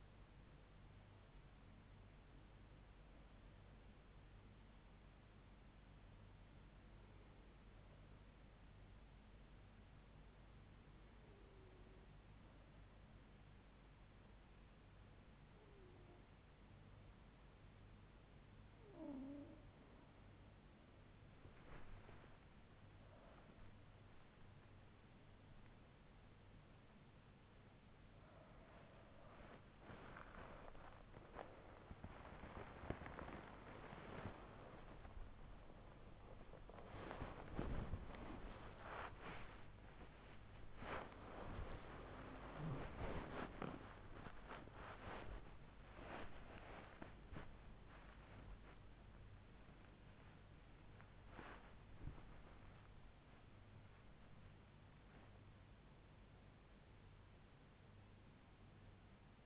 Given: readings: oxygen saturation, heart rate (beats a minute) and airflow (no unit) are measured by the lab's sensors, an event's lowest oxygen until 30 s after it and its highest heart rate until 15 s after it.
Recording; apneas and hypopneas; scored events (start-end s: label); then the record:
a person awake in a sleep study, by a voice recorder at the bedside; 1
3.00-23.30 s: hypopnea (N2, oxygen 96% highest, then 94% lowest, heart rate 69 at the start, 82 highest)
25.00-59.46 s: new sleep stage, awake
From the record:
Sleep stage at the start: N2 (light sleep); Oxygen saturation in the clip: 94 to 99%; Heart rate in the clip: 69 to 105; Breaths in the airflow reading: 13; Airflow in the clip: -8.2 to 8.0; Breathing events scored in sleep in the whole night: 158 in 7.3 hours asleep